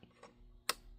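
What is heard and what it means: A small screw holding the SSD inside a 2019 21.5-inch 4K iMac A2116 is turned backwards with a screwdriver in its threaded hole in the chassis. Two faint ticks come at about 0.0 and 0.2 s, then a sharp, bright click at 0.7 s as the screw's thread drops into the mating thread and seats, ready to be tightened.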